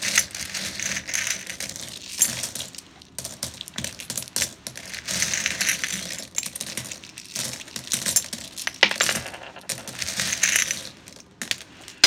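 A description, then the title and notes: Buttons are shaken and rattled in a jar, making a dense, continuous clatter of small bright clicks. The rattling comes in uneven bursts with a few brief pauses, around three, seven and eleven seconds, and no other sounds behind it. Jar of Buttons. As I was going through my craft supplies I came across my old button collection.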